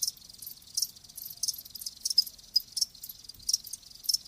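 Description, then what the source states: Cricket chirps, high and bright, coming in quick uneven bursts over a soft hiss. Live crickets chirping, presented as a lulling sleep sound.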